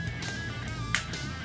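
The cap half of a freshly set metal snap fastener is pressed onto its socket half on a leather wrestling-belt strap over a guitar music background. A single sharp click at 0.9 s marks the snap closing and seating in place.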